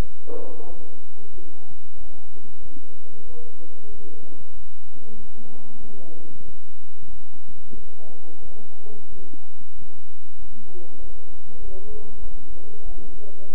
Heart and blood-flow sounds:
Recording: heart sounds by stethoscope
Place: between the tricuspid and mitral areas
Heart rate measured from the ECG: 93 bpm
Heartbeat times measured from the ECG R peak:
0.01 s: heartbeat
0.67 s: heartbeat
1.33 s: heartbeat
1.97 s: heartbeat
2.62 s: heartbeat
3.26 s: heartbeat
3.91 s: heartbeat
4.54 s: heartbeat
5.16 s: heartbeat
5.80 s: heartbeat
6.45 s: heartbeat
7.10 s: heartbeat
7.74 s: heartbeat
8.42 s: heartbeat
9.09 s: heartbeat
9.75 s: heartbeat
10.39 s: heartbeat
11.00 s: heartbeat
11.61 s: heartbeat
12.22 s: heartbeat
12.85 s: heartbeat
From the record:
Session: bicycle stress test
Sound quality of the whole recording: good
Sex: male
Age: 23 years

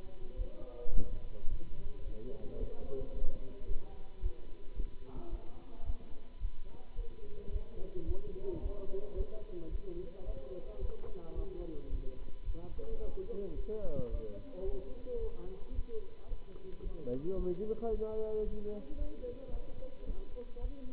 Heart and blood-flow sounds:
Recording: heart sounds by stethoscope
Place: between the tricuspid and mitral areas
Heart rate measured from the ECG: 110 bpm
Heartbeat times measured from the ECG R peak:
0.35 s: heartbeat
0.90 s: heartbeat
1.46 s: heartbeat
2.02 s: heartbeat
2.57 s: heartbeat
3.11 s: heartbeat
3.65 s: heartbeat
4.19 s: heartbeat
4.73 s: heartbeat
5.28 s: heartbeat
5.83 s: heartbeat
6.38 s: heartbeat
6.94 s: heartbeat
7.49 s: heartbeat
8.05 s: heartbeat
8.59 s: heartbeat
9.14 s: heartbeat
9.68 s: heartbeat
10.23 s: heartbeat
10.78 s: heartbeat
11.33 s: heartbeat
11.88 s: heartbeat
12.43 s: heartbeat
12.98 s: heartbeat
13.53 s: heartbeat
14.08 s: heartbeat
14.63 s: heartbeat
15.18 s: heartbeat
15.72 s: heartbeat
16.26 s: heartbeat
16.80 s: heartbeat
17.34 s: heartbeat
17.88 s: heartbeat
18.42 s: heartbeat
18.95 s: heartbeat
19.50 s: heartbeat
20.04 s: heartbeat
20.59 s: heartbeat
From the record:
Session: Bruce protocol treadmill stress test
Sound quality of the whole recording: good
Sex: male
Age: 26 years

